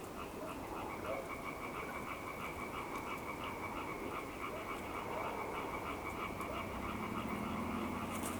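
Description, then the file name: European tree frog chorus of quick repeated rasping pulses, steady throughout, with a low hum appearing near the end. "Hyla Arborea"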